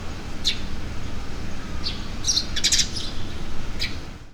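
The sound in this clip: Bird chirps: a few short high notes and a quick cluster of chirps near the middle, over constant low rumble.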